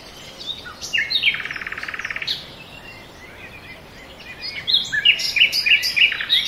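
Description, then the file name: Bird song with a rapid buzzy trill lasting about a second, a lull, then sharp repeated chirps. Forest birds. "ASMR Nature Noise - Forest Birds"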